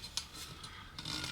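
A fitting ring is pushed onto the rim of a water bottle or container and rolled around the edge. Sharp snaps are heard at about 0.2 s and 1.0 s over faint rustling handling noise, as the ring snaps into place and is seated.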